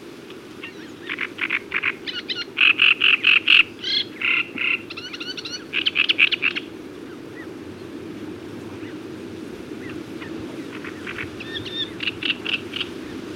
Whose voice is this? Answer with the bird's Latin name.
Acrocephalus arundinaceus